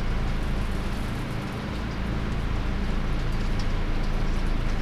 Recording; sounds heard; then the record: poultry house recording; no chicken sound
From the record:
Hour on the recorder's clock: 21